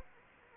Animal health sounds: mosquito wingbeat signal from an infrared sensor; Aedes aegypti

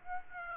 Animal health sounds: mosquito wingbeat signal from an infrared sensor; Aedes aegypti

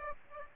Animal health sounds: mosquito wingbeat signal from an infrared sensor; Aedes aegypti

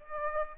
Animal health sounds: mosquito wingbeat signal from an infrared sensor; Aedes aegypti

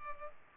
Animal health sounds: mosquito wingbeat signal from an infrared sensor; Culex pipiens

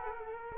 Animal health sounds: mosquito wingbeat signal from an infrared sensor; Culex quinquefasciatus

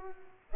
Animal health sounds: mosquito wingbeat signal from an infrared sensor; Culex pipiens

